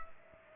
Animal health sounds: mosquito wingbeat signal from an infrared sensor; Culex pipiens

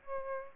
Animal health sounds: mosquito wingbeat signal from an infrared sensor; Aedes albopictus

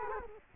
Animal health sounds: mosquito wingbeat signal from an infrared sensor; Culex quinquefasciatus

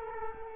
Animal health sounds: mosquito wingbeat signal from an infrared sensor; Culex quinquefasciatus

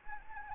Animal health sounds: mosquito wingbeat signal from an infrared sensor; Anopheles arabiensis

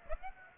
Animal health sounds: mosquito wingbeat signal from an infrared sensor; Aedes aegypti

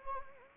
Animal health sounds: mosquito wingbeat signal from an infrared sensor; Anopheles arabiensis

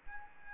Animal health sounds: mosquito wingbeat signal from an infrared sensor; Aedes albopictus

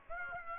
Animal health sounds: mosquito wingbeat signal from an infrared sensor; Aedes aegypti

